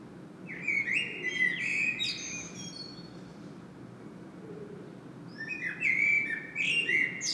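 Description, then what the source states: Common blackbird song: a rich warbled phrase ending in sharp high squeaks, a quiet gap, then another fluty phrase topped with shrill twitters, over low background noise. Common blackbird singing in Saint-Gilles, Belgium; Sony PCM-M10 internal microphone.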